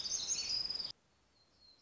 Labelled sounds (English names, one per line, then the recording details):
Black-throated Gray Warbler
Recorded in Sonoma County, California